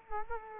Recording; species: mosquito wingbeat signal from an infrared sensor; Culex quinquefasciatus